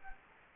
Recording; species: mosquito wingbeat signal from an infrared sensor; Culex quinquefasciatus